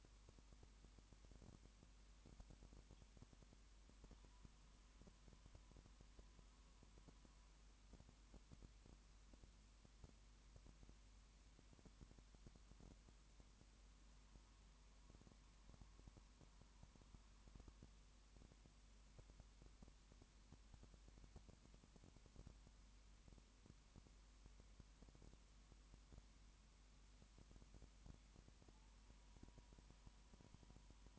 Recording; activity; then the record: daily activity, microphone in the room; no activity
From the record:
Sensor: 1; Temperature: 19.2 degrees Celsius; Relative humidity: 37.9%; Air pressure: 1001.1 hPa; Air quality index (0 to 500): 198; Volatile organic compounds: 7 ppm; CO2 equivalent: 2004 ppm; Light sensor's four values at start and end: 1/2/1/1 and 1/2/1/1